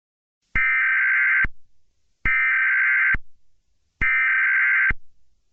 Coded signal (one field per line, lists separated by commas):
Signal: Emergency Alert System (SAME) tones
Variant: header bursts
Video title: EAS Scenario #4: Sense of Injustice